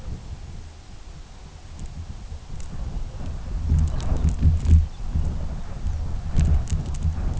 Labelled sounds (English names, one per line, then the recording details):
Lapland Longspur
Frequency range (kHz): Lapland Longspur 2.9-4.5 kHz
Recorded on Arctic tundra, site UTQI-2, on 17 June 2019
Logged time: 06:00